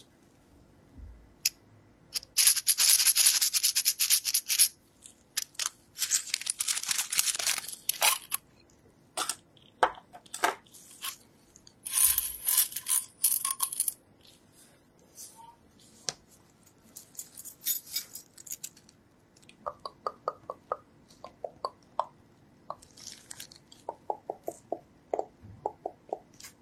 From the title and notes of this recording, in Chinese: 掏耳无人声助眠。